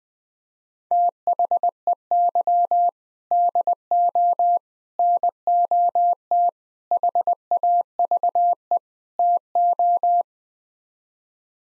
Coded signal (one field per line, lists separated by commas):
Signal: Morse code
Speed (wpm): 20 wpm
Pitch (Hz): 700 Hz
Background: none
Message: THEY DO NOT HAVE TO